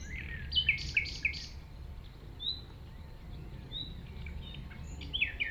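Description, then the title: Common nightingale song: bursts of sharp, varied high notes at the start and again near the end, separated by a quieter pause with scattered soft notes over low background rumble. At 195 Rue de Vars, Chindrieux, France; recordist approached the singing nightingale on foot through tall grass; while singing it is deaf to outside noise. "195 Rue de Vars, 73310 Chindrieux, France - approche d'un rossignol"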